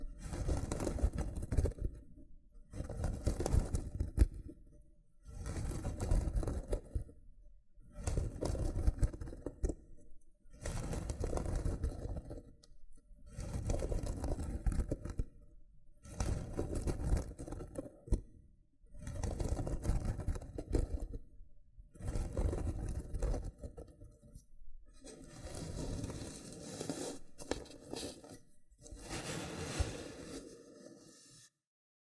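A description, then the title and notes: A loofah is rubbed in steady, dense scratchy bursts about every two seconds, each separated by a brief silence, with the strokes gradually softening. Loofah Triggers with Intense Peeling & Popping Sounds.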